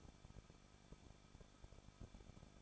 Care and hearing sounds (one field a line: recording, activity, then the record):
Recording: daily activity, microphone in the room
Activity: no activity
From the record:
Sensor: 5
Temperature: 20.8 degrees Celsius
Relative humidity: 38.6%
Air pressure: 1006.5 hPa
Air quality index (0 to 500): 191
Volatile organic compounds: 20 ppm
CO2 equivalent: 2704 ppm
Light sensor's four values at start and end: 2/3/1/1 and 2/3/1/1